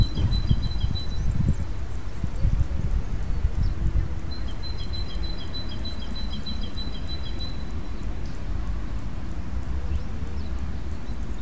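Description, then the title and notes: Bird song: the end of one high rapid trill, then after a gap a longer, thin trill of repeated notes lasting about three seconds, over low steady rumble. Recorded during the solar eclipse of 20 March 2015. "Grabación del canto de un pájaro durante el eclipse del 20 de marzo de 2015"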